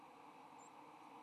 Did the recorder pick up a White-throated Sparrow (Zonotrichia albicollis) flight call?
no